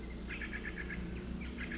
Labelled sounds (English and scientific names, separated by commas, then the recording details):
Pacific Wren (Troglodytes pacificus)
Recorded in Sonoma County, California